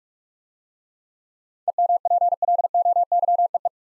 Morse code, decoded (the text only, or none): EMPLOYEE